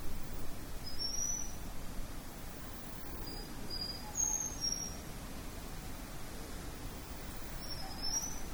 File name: sikatan lompobatang